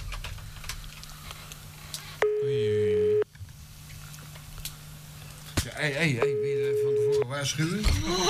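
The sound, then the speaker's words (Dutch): A telephone ringback tone sounds twice, each steady mid-pitched burst about a second long with a few seconds' pause between. People talk quietly around the rings, and nobody picks up. “Ja, ik denk dat hij niet meer op gaat nemen.”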